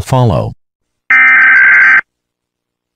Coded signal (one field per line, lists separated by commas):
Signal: Emergency Alert System (SAME) tones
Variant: header bursts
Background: speech